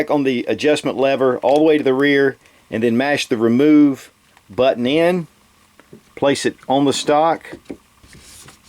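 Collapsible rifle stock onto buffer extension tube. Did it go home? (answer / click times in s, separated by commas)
no / none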